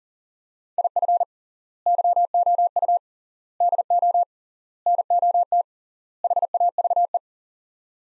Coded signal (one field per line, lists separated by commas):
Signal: Morse code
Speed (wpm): 40 wpm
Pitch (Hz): 700 Hz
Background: none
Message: IF YOU DO NOT HAVE